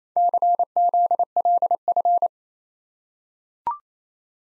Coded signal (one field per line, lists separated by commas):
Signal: Morse code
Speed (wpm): 27 wpm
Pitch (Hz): 700 Hz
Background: none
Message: CZLF